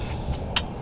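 The release lever on the trailer winch of a 2021 Yamaha AR195 19-foot jet boat is worked back into the ratchet position; it is a little sticky, likely from the cold. Over a low, steady background rumble, a single sharp metallic click sounds at 0.6 s as the ratchet pawl engages and seats.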